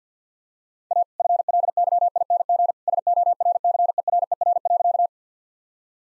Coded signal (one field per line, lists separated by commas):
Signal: Morse code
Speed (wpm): 45 wpm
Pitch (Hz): 700 Hz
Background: none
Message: A FLYING SORCERER.